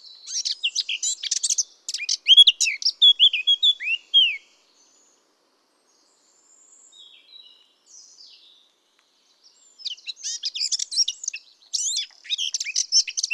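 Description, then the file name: Eurasian blackcap song: a fast scratchy warble that turns into clear fluting notes, a pause with faint soft notes, then a second burst of chattering song. "Sylvia atricapilla"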